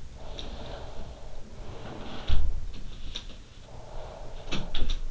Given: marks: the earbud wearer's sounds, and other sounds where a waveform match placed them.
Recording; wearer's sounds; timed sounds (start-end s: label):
sounds in sleep by an in-ear microphone; breath
0.00-2.43 s: breath
2.90-5.11 s: sound from someone else or the room
3.60-5.11 s: breath